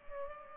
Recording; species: mosquito wingbeat signal from an infrared sensor; Culex pipiens